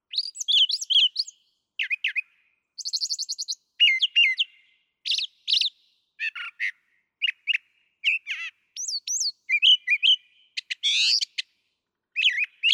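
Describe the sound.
Brown thrasher song, a rapid run of varied whistled, buzzy and chattering phrases, often paired, with short gaps throughout; no other sounds heard.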